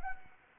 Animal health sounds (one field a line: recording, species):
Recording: mosquito wingbeat signal from an infrared sensor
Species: Anopheles arabiensis